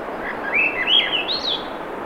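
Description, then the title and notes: Swainson's thrush giving one spiralling phrase of flutelike notes that rises in pitch, surf sounding throughout. Singing, 7:15 pm, 7 June 2017, low 50s, clear skies, between tides; Sun Dew Trail near Ocean Beach, Schoodic Peninsula, Acadia National Park, Winter Harbor, Maine; Fostex FR2, Sennheiser ME66; high-pass filtered against surf. "Swainson's Thrush pm. Swainson's Thrush singing Wednesday June 7, 2017 7:15 pm temperature low 50s clear skies between the tides Sun Dew Trail where it intersects with trail to Ocean Beach Schoodic Pennisula Acadia National Park Winter Harbor, ME"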